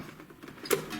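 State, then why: Released. A snap-fit plastic cover clipped onto a Linky electricity meter housing, hard to open, is pried off by hand. Faint scraping and creaking build up before a sharp plastic snap at 0.7 s. The clips pop open and the cover comes free.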